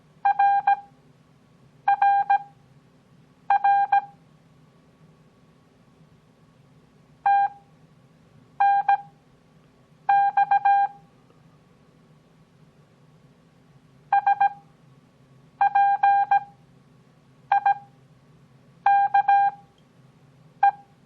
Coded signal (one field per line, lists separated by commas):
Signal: Morse code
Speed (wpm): 17 wpm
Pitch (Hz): 800 Hz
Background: none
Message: RRR TNX SPIKE